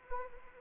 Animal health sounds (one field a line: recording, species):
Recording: mosquito wingbeat signal from an infrared sensor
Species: Anopheles arabiensis